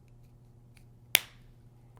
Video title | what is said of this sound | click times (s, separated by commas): How to change the battery in your Nissan key fob | you should hear a click and then | 1.2 s